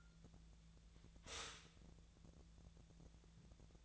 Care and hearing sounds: daily activity, microphone in the room; stop toaster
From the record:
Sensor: 3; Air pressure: 1000.2 hPa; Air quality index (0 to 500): 156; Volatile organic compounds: 3 ppm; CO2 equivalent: 1374 ppm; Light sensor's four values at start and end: 36/92/39/42 and 36/92/39/42

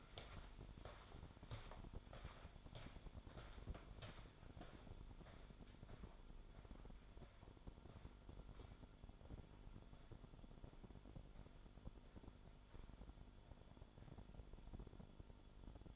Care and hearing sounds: daily activity, microphone in the room; walk to room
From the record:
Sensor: 5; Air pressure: 1008.3 hPa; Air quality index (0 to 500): 122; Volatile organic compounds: 1 ppm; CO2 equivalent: 935 ppm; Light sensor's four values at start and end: 44/76/39/45 and 33/77/30/30

